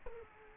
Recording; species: mosquito wingbeat signal from an infrared sensor; Culex quinquefasciatus